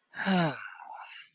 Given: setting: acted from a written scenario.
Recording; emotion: vocal sound without words; contentment